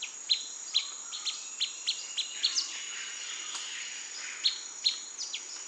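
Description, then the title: Blackish pewee giving crisp single pip calls at uneven intervals over a constant high-pitched insect drone. Subspecies Contopus nigrescens canescens, assumed from recording location. "LuckyPassaro Completos2Sama. Blackish Pewee (Contopus nigrescens canescens (ssp assumed from location))"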